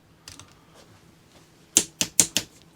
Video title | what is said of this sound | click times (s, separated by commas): From Old to Bold: Bosch VE Pump Upgrade for the Iconic 1989 Dodge Ram 5.9L Cummins Diesel | You hear the click, just stop. | 1.8 s, 2.2 s